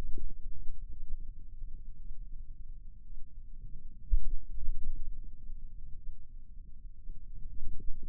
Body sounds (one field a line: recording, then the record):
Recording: forearm muscle sounds (acoustic myography)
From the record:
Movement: ulnar deviation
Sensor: system 2, bracelet of six BSWA MPA416 microphones around the upper forearm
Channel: 2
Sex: male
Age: 22 years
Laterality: right